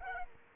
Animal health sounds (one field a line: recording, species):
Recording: mosquito wingbeat signal from an infrared sensor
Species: Aedes aegypti